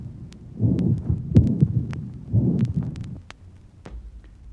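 Two heartbeat cycles of low, muffled heart sounds in an adult, heard through a stethoscope, each followed by a prolonged rumbling whoosh that carries on for most of a second. This is a heart murmur: extra sound from turbulent blood flow through the heart.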